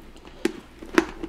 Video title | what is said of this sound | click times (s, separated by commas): AGV K6 - Sena Install - Switching Helmet Comms How-To | is right it snaps back in what | 1.0 s